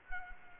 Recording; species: mosquito wingbeat signal from an infrared sensor; Culex quinquefasciatus